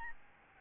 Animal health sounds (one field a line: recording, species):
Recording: mosquito wingbeat signal from an infrared sensor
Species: Aedes albopictus